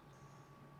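A wheel section of a plastic transforming robot toy is being folded down by hand toward its locking point in the toy's body. Only a steady low hum and faint handling noise are heard, with no sharp sound. Nothing has seated or clicked yet.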